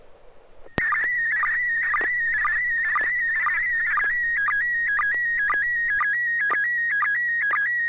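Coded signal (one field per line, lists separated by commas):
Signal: SSTV (slow-scan television)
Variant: PD 120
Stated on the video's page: SSTV net on an FM repeater at 441.300 MHz, Sacramento, using MMSSTV.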